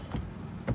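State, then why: Not seated. A plastic switch bezel is handled against the door trim panel of a 2005 to 2015 Nissan Xterra while being fitted into it. Two soft, low handling bumps are heard, one near 0.15 s and a slightly stronger one near 0.7 s. The switch panel has not seated or clicked into the trim yet.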